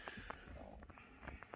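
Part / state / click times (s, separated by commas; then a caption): steering wheel assembly part onto steering column / not seated / none. A part of the steering wheel assembly is pushed back onto the steering column of a 2015 Dodge Charger RT during a carbon fiber steering wheel install, fitted the same way the old one came off. Low rustling handling noises are heard, with one brief sharp knock at 0.3 s. Nothing has seated or clicked into place yet.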